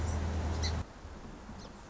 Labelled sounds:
Song Sparrow
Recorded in Sonoma County, California

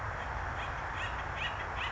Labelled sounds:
Acorn Woodpecker
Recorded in Sonoma County, California

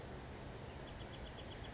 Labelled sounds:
California Towhee
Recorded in Sonoma County, California

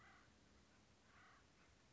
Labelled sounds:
Acorn Woodpecker
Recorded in Sonoma County, California

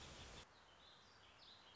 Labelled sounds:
Warbling Vireo
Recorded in Sonoma County, California

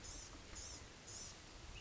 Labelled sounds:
Blue-gray Gnatcatcher
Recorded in Sonoma County, California

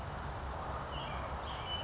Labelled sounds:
California Towhee
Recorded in Sonoma County, California

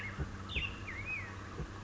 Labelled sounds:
Black-headed Grosbeak
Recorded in Sonoma County, California

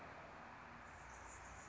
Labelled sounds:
Anna's Hummingbird
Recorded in Sonoma County, California

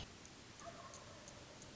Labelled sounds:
Wild Turkey
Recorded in Sonoma County, California

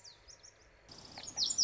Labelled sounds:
Lazuli Bunting
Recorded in Sonoma County, California

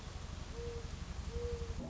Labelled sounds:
Mourning Dove
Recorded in Sonoma County, California

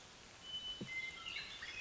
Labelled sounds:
Western Meadowlark
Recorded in Sonoma County, California

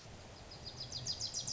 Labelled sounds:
Wilson's Warbler
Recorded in Sonoma County, California

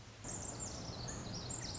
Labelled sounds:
Pacific Wren
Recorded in Sonoma County, California

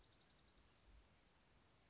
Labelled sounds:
Blue-gray Gnatcatcher
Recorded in Sonoma County, California

